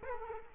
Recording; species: mosquito wingbeat signal from an infrared sensor; Culex quinquefasciatus